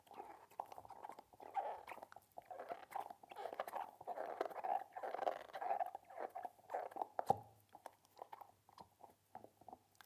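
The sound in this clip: Dog gnawing on a rubber ball, with squeaky rubbery chewing sounds, irregular bites and one louder snap late on.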